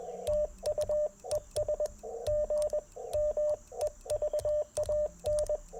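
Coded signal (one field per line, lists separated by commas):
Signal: Morse code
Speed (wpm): 21 wpm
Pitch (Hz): 590 Hz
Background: radio noise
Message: TU ES GM EVAN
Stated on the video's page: QRP CW Parks on the Air activation sent with paddles on an Icom IC-705 into a Chelegance MC-750 antenna.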